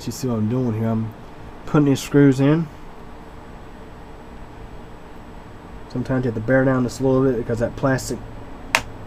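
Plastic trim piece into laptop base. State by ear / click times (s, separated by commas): seated / 8.8 s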